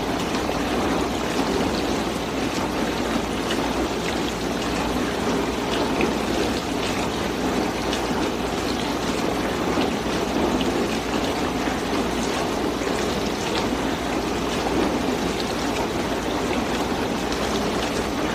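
A dishwasher runs steadily, its water swishing and spraying in a dense, even wash with small splashy flickers throughout. Beneath it sits a constant low mechanical hum. Nothing changes over the clip; the level holds flat from start to finish.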